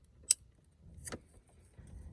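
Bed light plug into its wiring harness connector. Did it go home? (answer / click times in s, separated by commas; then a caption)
yes / 0.3 s. A factory LED bed light's plug for a 2017-2019 Super Duty (Powerstroke 6.7 or gas) is pushed into its wiring harness connector, after the tab has been placed and the wire wrapped. A sharp, bright click at 0.3 s shows the connector snapping in and seating, followed by a softer, shorter rustle around 1.1 s.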